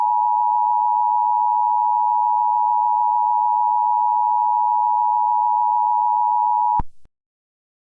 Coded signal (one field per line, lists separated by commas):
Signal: Emergency Alert System (SAME) tones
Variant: 853 and 960 Hz attention tone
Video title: EAS Scenario #1: Trolls Destruction of Earth - Remastered